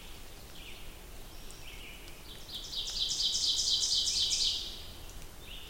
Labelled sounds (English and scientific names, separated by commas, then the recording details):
Ovenbird (Seiurus aurocapilla) song
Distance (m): 25 m
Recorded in boreal forest in Alberta, Canada, on 2 June 2016 at 07:58
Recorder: SongMeter 3, array SBT-3-7
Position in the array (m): 37 m, 153 m
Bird 4